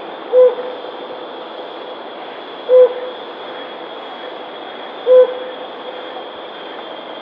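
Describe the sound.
Helmeted hornbill uttering single short hoots at one fixed pitch, spaced roughly two and a half seconds apart.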